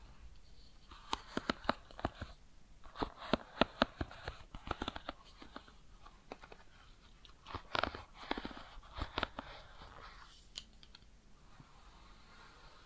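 A head massage and ear cleaning with crisp, irregular clicks and scratchy rubbing, bunched into busy clusters in the first four seconds and again around eight to nine seconds. Between them come softer rustling stretches, and a quieter spell near the end.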